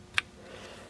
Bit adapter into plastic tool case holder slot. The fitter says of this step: just drops and clicks into place these little sockets are held